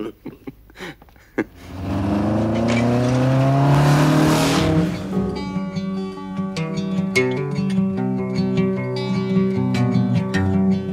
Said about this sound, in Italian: È il 30 settembre 1955. James Dean, diretto a Salinas, corre sulla strada per l'ultima volta al volante della sua Porsche.